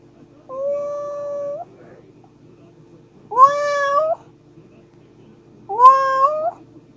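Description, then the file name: Domestic cat meowing three times, each call long and fairly level, the later two louder and slightly rising at the start, with short pauses between. Pet cat named Cammi. "My Cat Cammi Meowing"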